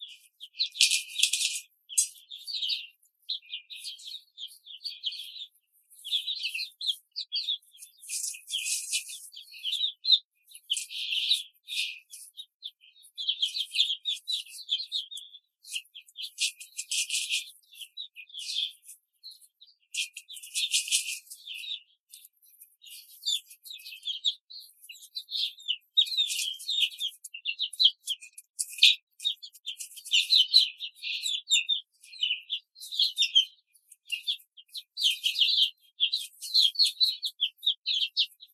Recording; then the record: young laying hens in a cage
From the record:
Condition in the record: control cage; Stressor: none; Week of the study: 5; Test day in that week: 1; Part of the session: 1